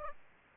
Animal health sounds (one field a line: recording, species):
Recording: mosquito wingbeat signal from an infrared sensor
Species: Aedes aegypti